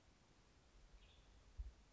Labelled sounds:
Western Tanager (Piranga ludoviciana)
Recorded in Sonoma County, California

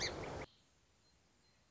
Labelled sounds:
Song Sparrow (Melospiza melodia)
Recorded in Sonoma County, California

